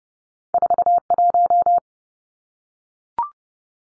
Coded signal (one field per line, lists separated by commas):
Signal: Morse code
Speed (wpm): 30 wpm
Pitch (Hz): 700 Hz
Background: none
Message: 41